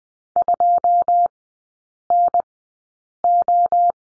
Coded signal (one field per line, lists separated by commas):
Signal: Morse code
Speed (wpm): 20 wpm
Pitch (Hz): 700 Hz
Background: none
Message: 2NO